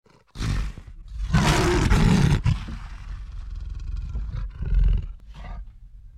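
Lion snarling and growling: a sudden harsh burst, then a louder drawn-out growl and several lower growls that fade.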